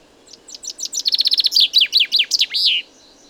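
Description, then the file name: Common chaffinch singing one full phrase, bright repeated chips speeding into a rattling trill, followed by several down-slurred notes and a final buzzy flourish, with quiet background. "Fringilla coelebs"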